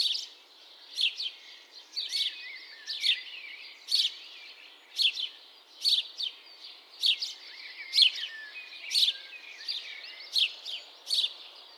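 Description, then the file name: House sparrow calling with short, emphatic chirps about once a second above a soft continuous background noise. "Passer domesticus"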